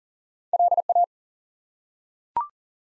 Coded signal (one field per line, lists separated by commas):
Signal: Morse code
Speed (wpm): 40 wpm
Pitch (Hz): 700 Hz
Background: none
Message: LA